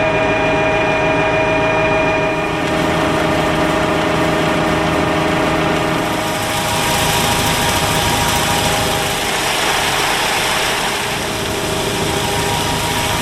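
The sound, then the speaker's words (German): A steady, loud engine drones throughout with a constant tonal hum, joined midway by a broad hissing rush of spraying water that swells and stays, from a machine resembling a slurry tanker spraying water at the Aasee lake, a sculpture by Tue Greenfort. No one speaks. “Das sprüht wie so ein Güllewagen eben sprüht, ein bisschen höher.”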